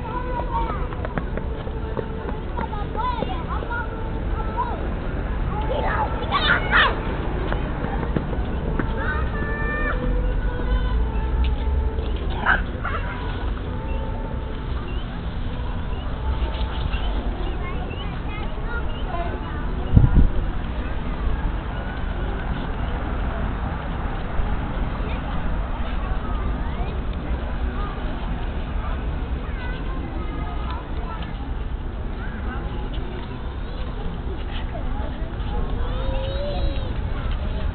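Evening crowd noise at a city square and playground: a steady, dense murmur of voices, with children's calls and a few bright shouts around six to thirteen seconds. A low city rumble runs underneath, and a short loud knock lands near twenty seconds.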